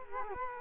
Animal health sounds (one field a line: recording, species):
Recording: mosquito wingbeat signal from an infrared sensor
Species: Culex quinquefasciatus